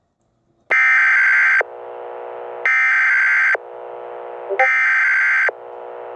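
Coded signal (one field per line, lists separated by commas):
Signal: Emergency Alert System (SAME) tones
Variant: header bursts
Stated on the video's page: Simulated fictional EAS scenario tones, made for comedy and entertainment.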